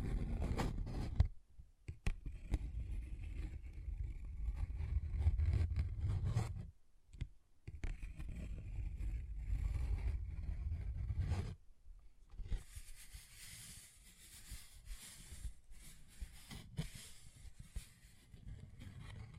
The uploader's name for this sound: Paper Bag Tapping and Scratching Sounds